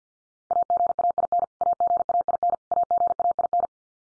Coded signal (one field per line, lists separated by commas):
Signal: Morse code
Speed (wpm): 50 wpm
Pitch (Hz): 700 Hz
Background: none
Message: AGAIN AGAIN AGAIN